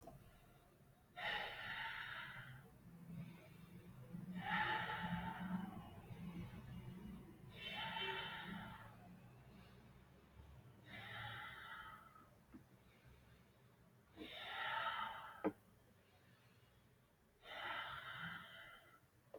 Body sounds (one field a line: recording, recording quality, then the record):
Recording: deep breathing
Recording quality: excellent, no background noise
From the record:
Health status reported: healthy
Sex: male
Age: 20 years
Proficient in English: yes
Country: India